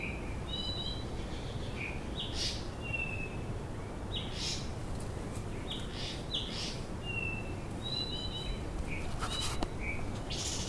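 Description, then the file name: White-tailed flycatcher calls: a scattered series of clear, high whistles, short and longer level notes, among soft rushing bursts and constant low background noise. "flycatcher-white-tailed -Cyornis-concretus"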